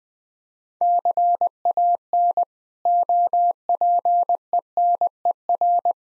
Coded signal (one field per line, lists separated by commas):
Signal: Morse code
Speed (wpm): 20 wpm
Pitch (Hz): 700 Hz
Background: none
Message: CAN OPENER